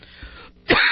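After a quiet stretch, one abrupt, loud cough burst from an adult man who swallowed wrong.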